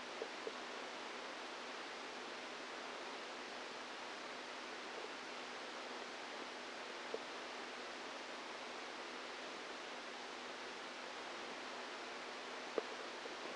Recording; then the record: brain microelectrode recording played as sound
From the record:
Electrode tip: outside the subthalamic nucleus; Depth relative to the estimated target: 2 mm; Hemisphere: right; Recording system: NeuroSet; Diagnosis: Parkinson's disease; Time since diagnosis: 10 years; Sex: female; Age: 45 years